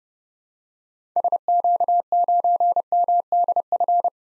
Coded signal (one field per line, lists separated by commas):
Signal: Morse code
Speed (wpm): 30 wpm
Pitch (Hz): 700 Hz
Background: none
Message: SQ9MDF